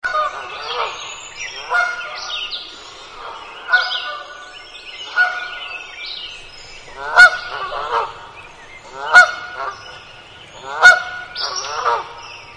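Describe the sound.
Bird calls, a steady chorus of nasal honks from several birds, with sharp louder honks standing out roughly every two seconds.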